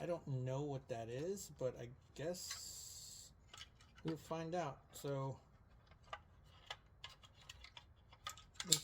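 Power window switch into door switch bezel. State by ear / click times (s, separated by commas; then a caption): seated / 8.7 s. Someone talks while handling an aftermarket automatic power window switch for a Scion xB Gen 2.5, with a few small plastic clicks and handling ticks. The switch is pressed into the plastic door switch bezel, and its retaining tabs snap in with a sharp click at 8.7 s, seating it.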